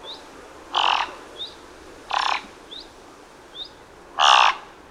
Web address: Thick billed raven. صدای-پرنده-غراب-نوک-کلفت